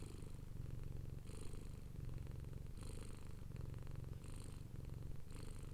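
Domestic cat purr, a continuous low throbbing rumble, with the breath cycles showing as soft hissy swells roughly every second and a half.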